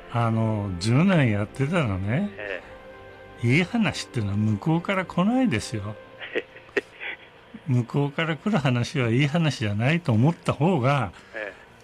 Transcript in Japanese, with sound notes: あのお、１０年やってたらね、
ええ・・
いい話っていうのは、向こうから来ないですよ。
へへへ （苦笑）
向こうから来る話は、いい話じゃないと思った方が、
ええ・・